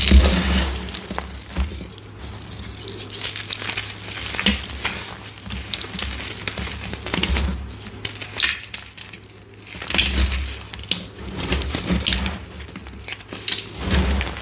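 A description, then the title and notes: Gym chalk bombs filled with epsom salt are crushed, giving dense, gritty crunching and crumbling with many fine crackles. The squeezing comes in waves, with louder bursts around the start, near eight seconds, and again after ten, over a low steady hum. Crushing gym chalk bombs filled with epsom salt and crispy reforms.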